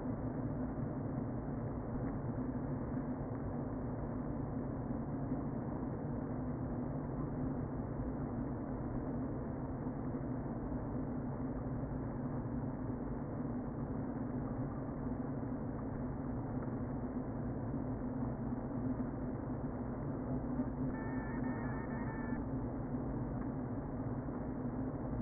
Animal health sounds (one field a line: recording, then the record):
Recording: honeybee colony, microphone inside the hive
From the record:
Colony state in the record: queen present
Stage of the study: before two queens were removed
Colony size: about 60,000 bees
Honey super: yes